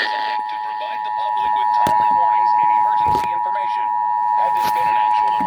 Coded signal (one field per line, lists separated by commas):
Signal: Emergency Alert System (SAME) tones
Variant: 853 and 960 Hz attention tone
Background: speech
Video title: EAS/NWR Alert or message #224-231: Ohio Required Monthly Test